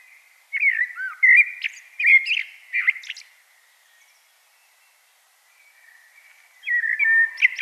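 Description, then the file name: Common blackbird delivers a warbled phrase of melodious whistles with squeaky high notes, a pause of about three seconds, then another phrase begins. "Turdus merula"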